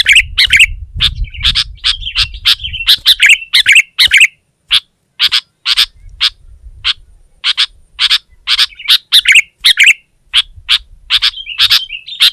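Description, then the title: Sooty-headed bulbul giving brisk, bubbly chirped notes about twice a second, mixed with short warbled phrases, with a faint low rumble at times. "kutilang"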